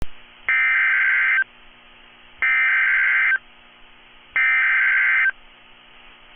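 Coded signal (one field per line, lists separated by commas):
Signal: Emergency Alert System (SAME) tones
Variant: header bursts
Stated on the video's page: Real tornado warning with valid EAS tones.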